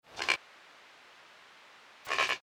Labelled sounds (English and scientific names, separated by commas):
Secretarybird (Sagittarius serpentarius)